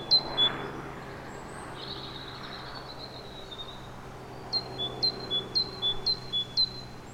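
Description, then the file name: Great tit with two clipped two-note whistles, a pause, then a run of five quick repeated two-note phrases. "Parus major"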